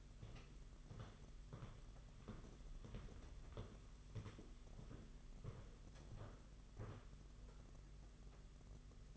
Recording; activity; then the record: daily activity, microphone in the room; walk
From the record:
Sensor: 4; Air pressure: 992.4 hPa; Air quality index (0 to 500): 139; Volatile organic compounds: 66 ppm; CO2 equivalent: 3484 ppm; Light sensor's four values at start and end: 20/72/26/27 and 20/72/26/27